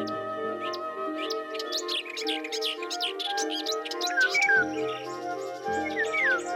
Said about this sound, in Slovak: Vlha neúnavne jasala, holuby cukrúkali bez prestania, drozdy pískali, pinky ťukali a síkorky čvirikali. Sem tam prenikavo zarapotala straka alebo zaškriekala sojka, kde tu sa ozval svojím kovovým hlasom bažant.